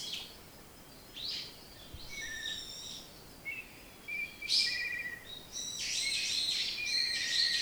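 Bird song: varied high whistled and chirped notes, some steady tones, building to a denser twittering passage near the end.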